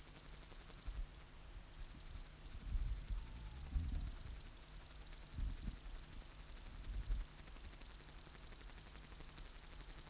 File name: Tettigonia cantans